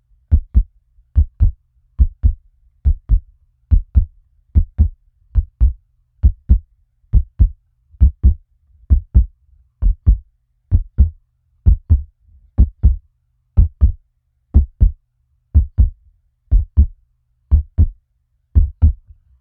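Steady, low, paired thumps, a clear lub-dub, repeat at about 68 beats a minute with an even rhythm throughout. A plain heartbeat with no other sounds in the background.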